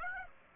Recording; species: mosquito wingbeat signal from an infrared sensor; Aedes aegypti